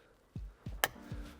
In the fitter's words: Push it down until it clicks.